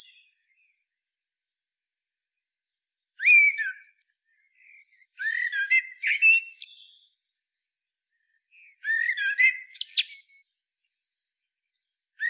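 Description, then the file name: Eurasian blackbird song, rich whistled phrases that finish in thin, scratchy high notes, three phrases spaced a few seconds apart, otherwise quiet. "Turdus merula"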